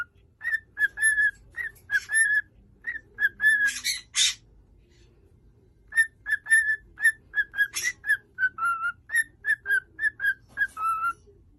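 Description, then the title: Cockatiel whistled song: a long run of short clear whistles repeated in quick bursts, broken by a few harsh screechy notes. Several cockatiels, whistling. "Calopsitas Cantando Assobio"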